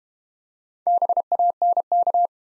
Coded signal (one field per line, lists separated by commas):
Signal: Morse code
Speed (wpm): 32 wpm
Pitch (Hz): 700 Hz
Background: none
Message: BANK